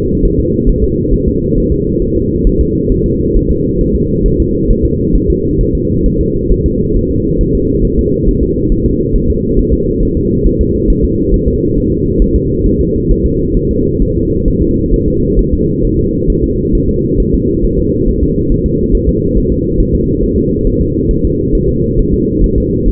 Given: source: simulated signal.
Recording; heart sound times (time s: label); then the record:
fetal heart sounds
0.25 s: S1
0.40 s: S2
0.69 s: S1
0.84 s: S2
1.13 s: S1
1.28 s: S2
1.58 s: S1
1.72 s: S2
2.02 s: S1
2.16 s: S2
2.47 s: S1
2.61 s: S2
2.92 s: S1
3.06 s: S2
3.36 s: S1
3.51 s: S2
3.81 s: S1
3.95 s: S2
4.26 s: S1
4.40 s: S2
4.71 s: S1
4.85 s: S2
5.16 s: S1
5.30 s: S2
5.61 s: S1
5.75 s: S2
6.06 s: S1
6.21 s: S2
6.52 s: S1
6.66 s: S2
6.97 s: S1
7.11 s: S2
7.41 s: S1
7.55 s: S2
7.85 s: S1
7.99 s: S2
8.28 s: S1
8.43 s: S2
8.72 s: S1
8.86 s: S2
9.16 s: S1
9.30 s: S2
9.59 s: S1
9.73 s: S2
10.03 s: S1
10.17 s: S2
10.47 s: S1
10.61 s: S2
10.90 s: S1
11.04 s: S2
11.34 s: S1
11.48 s: S2
11.78 s: S1
11.92 s: S2
12.22 s: S1
12.36 s: S2
12.66 s: S1
12.81 s: S2
13.11 s: S1
13.26 s: S2
13.57 s: S1
13.71 s: S2
14.02 s: S1
14.17 s: S2
14.48 s: S1
14.62 s: S2
14.94 s: S1
15.08 s: S2
15.39 s: S1
15.53 s: S2
15.85 s: S1
15.99 s: S2
16.30 s: S1
16.44 s: S2
16.75 s: S1
16.89 s: S2
17.20 s: S1
17.34 s: S2
17.65 s: S1
17.79 s: S2
18.08 s: S1
18.23 s: S2
18.52 s: S1
18.66 s: S2
18.95 s: S1
19.09 s: S2
19.37 s: S1
19.52 s: S2
19.80 s: S1
19.95 s: S2
20.24 s: S1
20.38 s: S2
20.67 s: S1
20.81 s: S2
21.11 s: S1
21.25 s: S2
21.55 s: S1
21.69 s: S2
21.99 s: S1
22.14 s: S2
22.44 s: S1
22.58 s: S2
22.88 s: S1
From the record:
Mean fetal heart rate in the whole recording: 135 bpm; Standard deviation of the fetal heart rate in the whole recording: 3 bpm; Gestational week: 36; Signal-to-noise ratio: -10.2 dB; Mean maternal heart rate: 72 bpm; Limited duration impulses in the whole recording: present